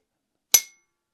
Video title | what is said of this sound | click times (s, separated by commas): The easiest pole jacks I’ve used | press it, clicks | 0.5 s